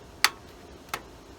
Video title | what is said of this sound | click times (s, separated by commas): $450 Gaming PC! 2023 | and put it in the slot and press it until it clicks in uh the corners | 0.2 s, 0.9 s